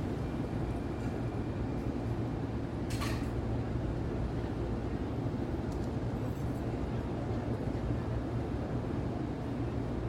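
Night city traffic forms a steady, dense low rumble that never lets up, with a faint hum underneath. A brief bright hiss or squeal cuts in around three seconds, and a softer one near six seconds. No sirens or voices stand out.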